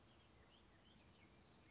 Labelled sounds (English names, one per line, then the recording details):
California Towhee
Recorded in Sonoma County, California